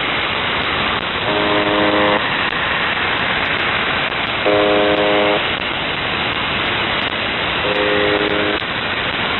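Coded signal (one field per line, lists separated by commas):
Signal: channel marker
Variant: UVB-76 (The Buzzer)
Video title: The Buzzer/UVB-76(4625Khz) February 20th 2022 Voice messages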